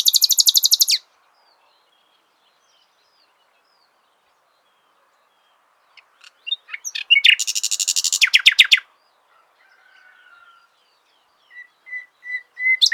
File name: Luscinia megarhynchos